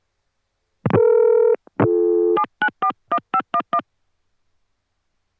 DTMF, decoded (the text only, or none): 7941511